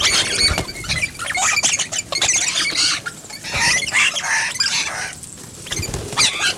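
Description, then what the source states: Rosellas chattering, a dense flock of shrill squeaks and harsh notes overlapping continuously with brief pauses. Rosellas feeding.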